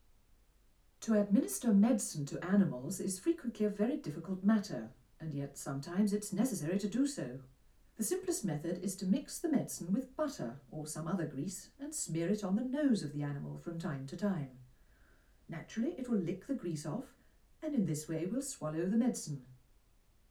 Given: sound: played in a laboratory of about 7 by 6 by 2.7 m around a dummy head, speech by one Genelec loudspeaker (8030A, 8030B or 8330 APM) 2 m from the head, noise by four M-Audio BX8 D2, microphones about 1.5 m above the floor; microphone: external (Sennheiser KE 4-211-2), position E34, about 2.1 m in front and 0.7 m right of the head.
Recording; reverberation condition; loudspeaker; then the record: female speech in English; low; 120 degrees to the left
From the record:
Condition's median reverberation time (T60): about 310 ms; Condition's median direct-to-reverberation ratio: about 3.5 dB